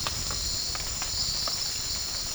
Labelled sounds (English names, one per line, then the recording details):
none
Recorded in pastures near Puerto Asís, Putumayo, Colombia, on 30 June 2025 at 17:30
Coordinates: 0.466, -76.322
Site GP07